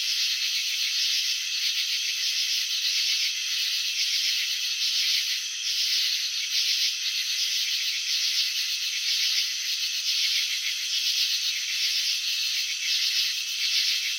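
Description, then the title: Cricket chirping, a buzzy pulsed rattle with loose, uneven bursts. Chirping slowed down (slow motion). "Crickets in Slow Motion 📷. Capturing the Elegance of Chirping"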